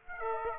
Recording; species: mosquito wingbeat signal from an infrared sensor; Aedes aegypti